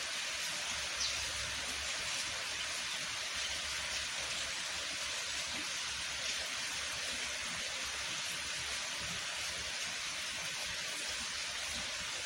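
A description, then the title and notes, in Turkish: Rain falls in a steady, dense hiss that fills the whole clip without pause, strongest in the upper-middle range. A low rumble churns underneath throughout, and faint scattered drips or taps surface now and then around the first and sixth seconds. Yağmur Sesi.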